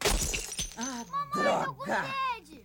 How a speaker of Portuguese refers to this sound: Cuidado! Está cheio de caco de vidro no chão.